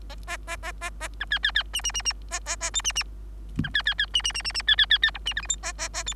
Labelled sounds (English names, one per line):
Bengalese Finch song